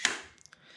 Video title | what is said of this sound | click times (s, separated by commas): Fx Dreamline tactical compact unboxing and overview | you can see it's now locked | 0.1 s